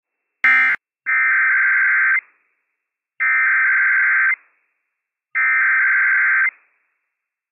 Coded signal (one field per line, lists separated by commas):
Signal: Emergency Alert System (SAME) tones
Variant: header bursts